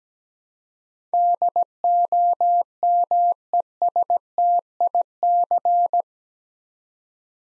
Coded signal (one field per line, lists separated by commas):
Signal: Morse code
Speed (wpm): 17 wpm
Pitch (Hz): 700 Hz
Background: none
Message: DOMESTIC